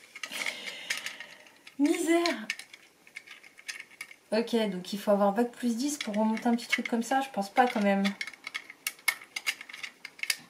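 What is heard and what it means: A plastic tape cassette is handled against a handheld label maker, with one side not yet fitted properly, producing small clicks and rattles while someone talks. Nothing has seated or clicked home yet by the end of the clip.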